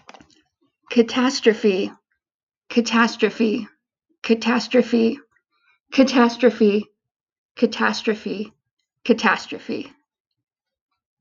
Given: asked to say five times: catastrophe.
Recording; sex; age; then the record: repeated word; female; 30 to 39 years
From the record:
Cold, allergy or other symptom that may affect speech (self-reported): no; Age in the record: 35 years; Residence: California, United States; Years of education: 16